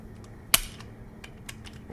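A torque driver set to 20 inch-pounds turns a red dot optic's mounting screw on a Glock, with faint ticks before and after. A loud, sharp click at 0.5 s shows the driver reaching 20 inch-pounds, leaving the screw tight.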